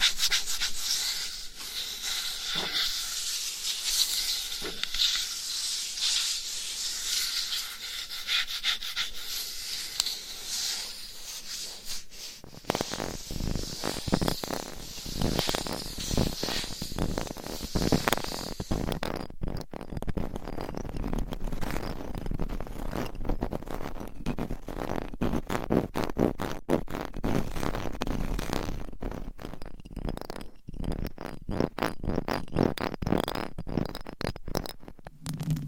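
Mic scratching fills the clip with dense, rough rubbing. For the first twelve seconds it is a steady bright hiss, then it turns into choppier, rapid strokes with more low thump and irregular bursts through to the end.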